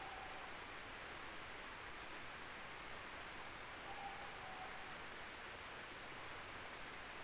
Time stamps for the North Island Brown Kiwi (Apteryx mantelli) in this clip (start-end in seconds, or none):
none